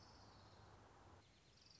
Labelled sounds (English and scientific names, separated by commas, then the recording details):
Orange-crowned Warbler (Leiothlypis celata)
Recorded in Sonoma County, California